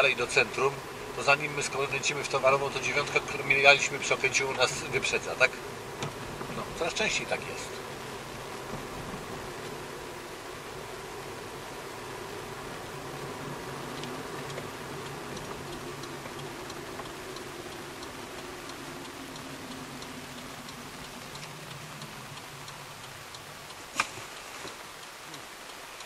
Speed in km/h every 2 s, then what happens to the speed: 44, 43, 43, 43, 43, 42, 43, 40, 35, 28, 17, 7, 0.
0-13 steady at about 43. 13-23 brakes to 0. 23-26 standing.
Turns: none.